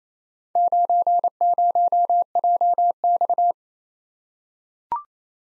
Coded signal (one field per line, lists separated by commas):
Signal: Morse code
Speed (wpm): 29 wpm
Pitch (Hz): 700 Hz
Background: none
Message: 90JX